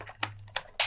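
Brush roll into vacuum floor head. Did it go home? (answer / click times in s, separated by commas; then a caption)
yes / 0.8 s. After cleaning, a removable rotary brush roll is refitted into the plastic floor tool head of a vacuum cleaner. Sharp plastic knocks come at about 0.2 and 0.6 seconds over a low steady hum. The roll clicks back into place at 0.8 seconds and is seated.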